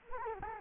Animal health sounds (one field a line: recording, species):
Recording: mosquito wingbeat signal from an infrared sensor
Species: Culex quinquefasciatus